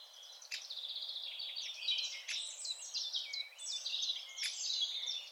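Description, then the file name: Eurasian wren song: a long, fast stream of very high chattering notes, with a few sharp clicks cutting through. "Troglodytes troglodytes"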